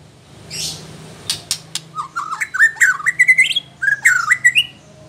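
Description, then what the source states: White-rumped shama song, a run of quick stepped whistled notes climbing in pitch, preceded by harsh clicks and a short noisy burst. Female.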